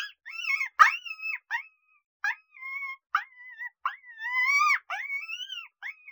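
Coyote pups giving wavering whines and short yips, some notes long and arching, others clipped, in a quick irregular series.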